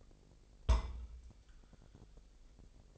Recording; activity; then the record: daily activity, microphone in the room; place on stove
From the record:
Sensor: 5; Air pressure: 999.5 hPa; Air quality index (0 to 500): 221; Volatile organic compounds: 20 ppm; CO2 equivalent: 2700 ppm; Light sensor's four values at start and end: 30/69/28/28 and 31/71/29/28